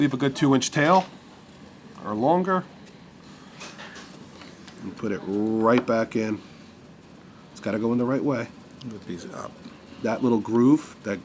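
Someone talks while a bobbin and bobbin case assembly, with its thread tail already set, are handled and lined up before being pushed into the hook area of a long arm sewing machine, model NC6L. Faint handling taps come at about 4.4 s and 4.7 s. The bobbin case has not clicked into place yet.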